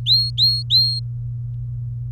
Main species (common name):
Domestic Canary